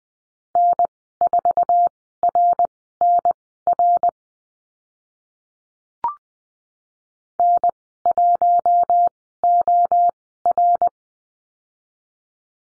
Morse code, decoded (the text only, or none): N4RNR N1OR